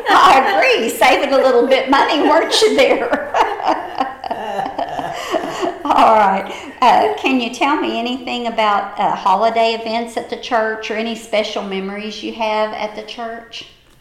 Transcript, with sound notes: I agree! Savin' a little bit money, weren't you there? (Laughter) Well alright, can you tell me anything about holiday events at the church or any special memories you have at the church?